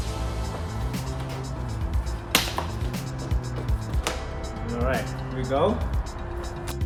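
A chrome trim strip is lined up with its prongs in the holes of the front bumper of a 2014-2017 Lexus CT200H F-Sport bumper conversion from the 2011-2013 style and pushed down. Its clips engage with a sharp snap at 2.4 s, so the trim is seated. Music plays throughout, with more short knocks near 2.6 s and 4.1 s, and someone talks.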